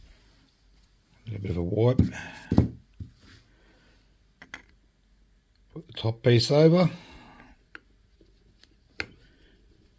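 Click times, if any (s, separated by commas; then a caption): none. Someone talks while handling the plastic top half of a Turtle Racing transmission case for a Baja RC car, bringing it over the bottom half of the lower case, with a few short, sharp taps and clicks around 4.5, 7.8 and 9.0 seconds. Nothing has seated or clicked into place yet.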